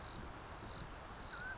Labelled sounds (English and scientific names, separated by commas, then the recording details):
Mountain Quail (Oreortyx pictus)
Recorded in Sonoma County, California